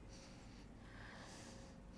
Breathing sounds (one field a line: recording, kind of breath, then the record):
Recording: one breath in and out by a microphone near the nose and mouth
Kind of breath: deep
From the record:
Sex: male